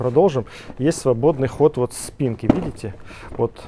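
Someone talks while tilting the backrest of an Avova Star Fix i-Size child car seat through its free travel toward the recline stop latch, which keeps the seat belt from crossing a child's throat. Soft handling noises are heard under the voice, and nothing has seated or clicked yet.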